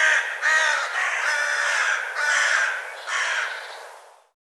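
Bird caws, harsh and nasal, several calls run close together.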